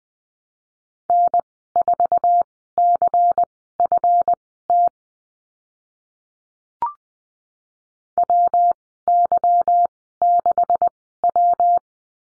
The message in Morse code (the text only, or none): N4CFT WY6W